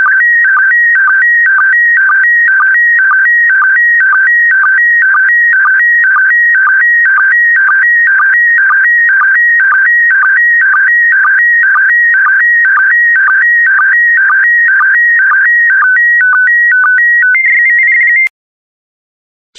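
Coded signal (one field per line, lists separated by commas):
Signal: SSTV (slow-scan television)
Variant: PD120 mode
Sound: even warbling tone repeating rapidly, ending in a few stepped beeps between three pitches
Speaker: complete. You can now check your decoded image against the picture that is shown on the video.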